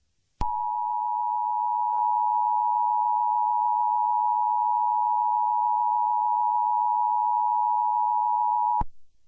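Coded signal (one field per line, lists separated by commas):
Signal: Emergency Alert System (SAME) tones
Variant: 853 and 960 Hz attention tone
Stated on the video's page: Fictional EAS scenario with possibly valid EAS tones, a simulated alert.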